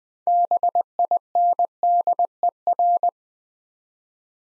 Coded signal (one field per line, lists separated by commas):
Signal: Morse code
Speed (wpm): 21 wpm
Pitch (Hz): 700 Hz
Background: none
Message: BINDER